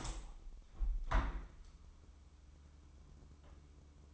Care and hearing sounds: daily activity, microphone in the room; open window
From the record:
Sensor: 1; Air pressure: 1014.9 hPa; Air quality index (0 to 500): 33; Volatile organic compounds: 1 ppm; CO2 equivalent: 556 ppm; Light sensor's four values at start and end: 10/25/10/11 and 11/26/10/11

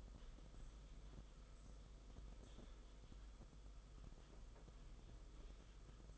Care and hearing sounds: daily activity, microphone in the room; typing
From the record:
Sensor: 5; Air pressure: 991.1 hPa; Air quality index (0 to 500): 131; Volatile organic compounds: 70 ppm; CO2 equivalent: 3520 ppm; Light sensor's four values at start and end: 38/119/45/48 and 38/119/45/48

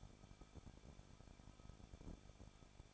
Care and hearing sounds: daily activity, microphone in the room; no activity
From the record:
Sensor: 5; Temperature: 20.9 degrees Celsius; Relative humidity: 38.1%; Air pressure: 1006.4 hPa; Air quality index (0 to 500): 187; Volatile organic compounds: 18 ppm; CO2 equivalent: 2624 ppm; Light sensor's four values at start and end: 2/3/1/1 and 2/3/1/1

